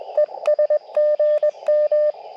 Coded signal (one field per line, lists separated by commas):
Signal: Morse code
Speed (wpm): 20 wpm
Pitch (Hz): 1800 Hz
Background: radio noise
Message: ES GM